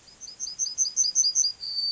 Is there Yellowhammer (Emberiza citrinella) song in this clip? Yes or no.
yes